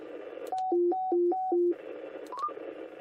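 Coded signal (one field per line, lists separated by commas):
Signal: roger beep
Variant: Retevis MB63 beep six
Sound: clean two-note melody, high-low repeated three times, then hiss and brief rising chirps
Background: radio static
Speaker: Number six sounds familiar. It might be a president or something.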